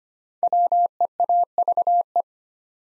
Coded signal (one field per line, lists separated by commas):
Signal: Morse code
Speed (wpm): 25 wpm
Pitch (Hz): 700 Hz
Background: none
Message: WEAVE